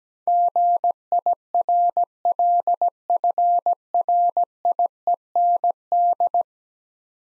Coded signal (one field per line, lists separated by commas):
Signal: Morse code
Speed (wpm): 17 wpm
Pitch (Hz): 700 Hz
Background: none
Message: GIRLFRIEND